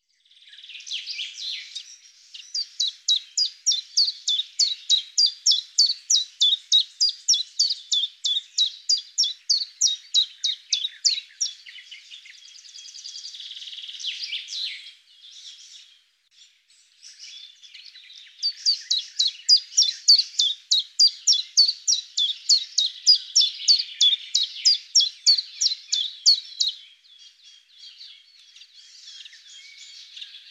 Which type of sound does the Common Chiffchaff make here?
song